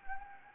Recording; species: mosquito wingbeat signal from an infrared sensor; Anopheles gambiae